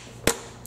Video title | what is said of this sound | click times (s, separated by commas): Bissell ProHeat 2X Revolution Pet Pro Carpet Cleaner Model 2007F COSTCO Item 3000115 UNBOX cleaning | these two buttons down there we go that should snap in place snap | 0.3 s